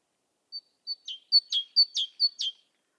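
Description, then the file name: Great tit singing a single high note, then a rhythmic series of about four paired notes, each a thin high whistle followed by a lower downslurred note, evenly spaced in a quiet background. "Parus major"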